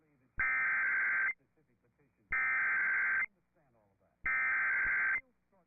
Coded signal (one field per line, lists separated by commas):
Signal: Emergency Alert System (SAME) tones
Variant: header bursts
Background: speech